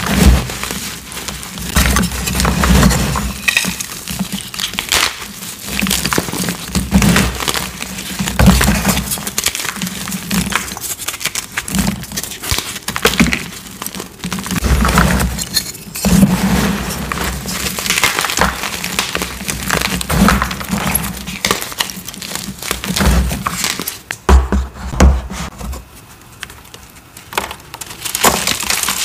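Chalk bombs and dyed cornstarch cubes being crushed, a dense run of crisp crunching and crumbling that goes on with little pause. A low repeated thump underlies the crunches, which come in quick bursts, thinning out briefly near the 24-second mark before resuming.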